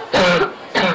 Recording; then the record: coughing mixed with background sound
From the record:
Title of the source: Barking cough - # 10